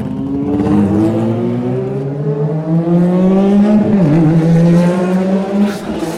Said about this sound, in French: Arrivée d'une voiture en feu.